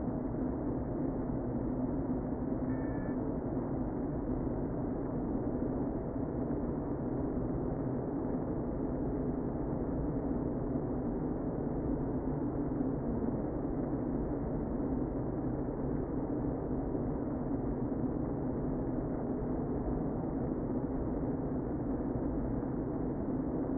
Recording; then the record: honeybee colony, microphone inside the hive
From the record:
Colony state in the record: queen present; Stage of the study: before two queens were removed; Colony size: about 60,000 bees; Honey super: yes